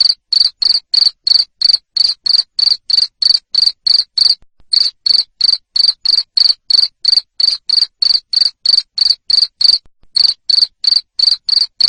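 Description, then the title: Cricket giving a steady train of shrill, high chirps, roughly three per second, broken by short gaps. Loud cricket chirping used to stimulate lovebirds to sing continuously (ngekek). "Suara JANGKRIK NGERIK Keras Bikin LOVEBIRD Jadi NGEKEK Terus Vubey"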